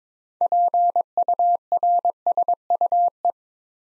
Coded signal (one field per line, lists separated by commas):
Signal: Morse code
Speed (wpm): 22 wpm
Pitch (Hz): 700 Hz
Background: none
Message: PURSUE